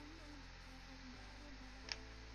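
While assembling a Siboor Voron Trident 3D printer kit, a printer component is pushed a little further into its mount on the frame against a steady low background hum. A single short, sharp click sounds at 1.9 seconds as the part seats into place.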